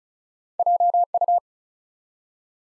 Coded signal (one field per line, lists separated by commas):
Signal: Morse code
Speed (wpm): 36 wpm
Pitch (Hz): 700 Hz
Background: none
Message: JU